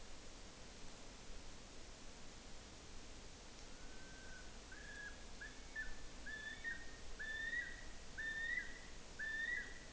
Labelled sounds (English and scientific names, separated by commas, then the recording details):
North Island Brown Kiwi (Apteryx mantelli) male call
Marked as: faintness 2/5
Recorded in New Zealand on 5 June 2013
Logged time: 02:19